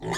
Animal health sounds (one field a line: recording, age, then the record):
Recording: pig call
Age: weaner (32 to 43 days)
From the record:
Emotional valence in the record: negative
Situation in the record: long isolation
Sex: female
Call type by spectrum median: low-frequency call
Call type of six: mixed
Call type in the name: high-frequency modulated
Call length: 0.18 s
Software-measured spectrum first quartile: 417 Hz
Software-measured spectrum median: 1071 Hz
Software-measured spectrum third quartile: 3219 Hz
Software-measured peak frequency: 383 Hz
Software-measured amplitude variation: 74 dB a second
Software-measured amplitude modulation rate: 19.5 a second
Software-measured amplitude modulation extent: 3.8 dB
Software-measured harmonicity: 0.3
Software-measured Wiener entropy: -2.78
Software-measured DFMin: 1016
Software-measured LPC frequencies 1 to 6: 800, 1900, 3423, 4619, 5037, 6777 Hz